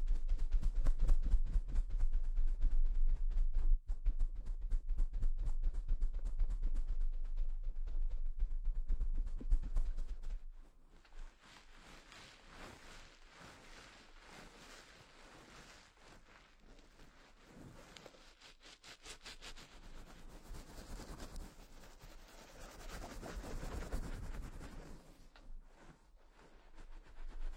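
Sounds from a head massage session. For the first ten seconds, dense, rapid tapping and scratching sits over a loud low rumble. Then it drops to quieter, softer rubbing and brushing that swells a little around twenty to twenty-four seconds.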